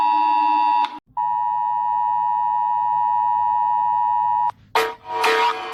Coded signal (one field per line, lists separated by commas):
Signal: Emergency Alert System (SAME) tones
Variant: 853 and 960 Hz attention tone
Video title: Rating EAS in 15 Country!